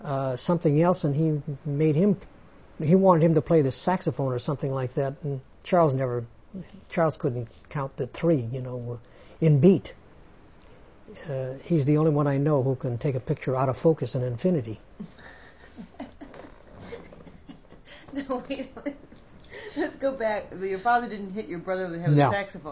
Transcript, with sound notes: something else, and he, he made him, he wanted him to play the saxophone or something like that, and Charles never, Charles couldn't count to three, you know, in beat. He's the only one I know who can take a picture out of focus in infinite.
( she laughs ) Let's go back. Your father didn't hit your brother over the head with a saxophone.